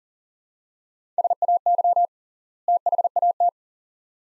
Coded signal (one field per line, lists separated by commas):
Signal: Morse code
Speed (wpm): 37 wpm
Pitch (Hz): 700 Hz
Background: none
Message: SAY THAT